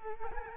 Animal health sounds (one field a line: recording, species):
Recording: mosquito wingbeat signal from an infrared sensor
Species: Culex quinquefasciatus